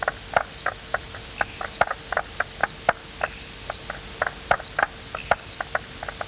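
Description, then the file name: Striped marsh frog calls as sharp, hollow pops, a few each second in an uneven series, set against a constant faint hum. "Limnodynastes peronii"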